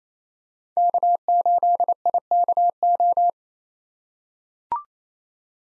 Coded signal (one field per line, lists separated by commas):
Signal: Morse code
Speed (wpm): 28 wpm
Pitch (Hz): 700 Hz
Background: none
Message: K8IKO